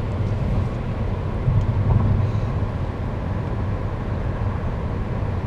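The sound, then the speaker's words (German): A steady, low vehicle rumble swells briefly as an oncoming car passes on the busy Sülztalstraße, then settles back into the constant drone of road and engine noise. No one speaks. “Oh, ein Gegenverkehr. Noch ein Gegenverkehr.”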